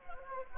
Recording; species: mosquito wingbeat signal from an infrared sensor; Anopheles gambiae